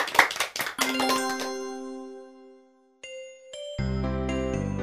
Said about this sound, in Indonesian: Ya, tepuk tangan untuk anak-anak.